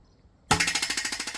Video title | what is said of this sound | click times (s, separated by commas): Utiliser son palan | Là, on l'a bien entendu et je lâche tranquillement. | 0.5 s